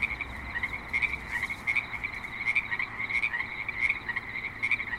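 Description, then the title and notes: Frogs croaking in a chorus, overlapping calls with a few louder repeated notes, soft background noise. Several frogs at a creek in Spanish Springs, Nevada. "Frogs in Spanish Springs, NV - creek view. Frogs with light traffic and other suburban sounds"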